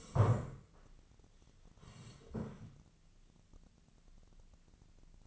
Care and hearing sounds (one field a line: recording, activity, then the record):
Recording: daily activity, microphone in the room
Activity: sit down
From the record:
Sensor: 4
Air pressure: 1013.1 hPa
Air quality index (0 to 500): 173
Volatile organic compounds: 2 ppm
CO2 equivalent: 1093 ppm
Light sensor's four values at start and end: 52/128/54/58 and 52/128/54/58